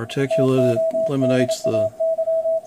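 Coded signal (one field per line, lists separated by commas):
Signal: Morse code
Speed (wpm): 27 wpm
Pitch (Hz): 650 Hz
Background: speech, radio noise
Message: TODAY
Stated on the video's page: CW from an IC-7300 played through a PVC elbow sound tube, whose inserted pipe sets the resonant frequency.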